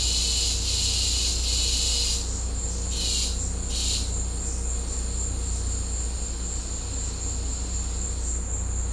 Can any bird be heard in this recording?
no